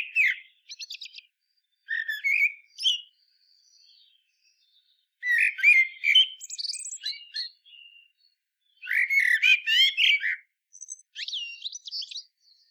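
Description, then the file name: Common blackbird song, with low, rounded whistled phrases giving way to rapid high twitters, repeated in several bursts. "Turdus merula"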